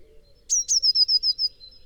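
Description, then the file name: Eurasian blue tit song: two piercing high notes sliding into a rapid, slightly falling trill of about five notes. "Cyanistes caeruleus"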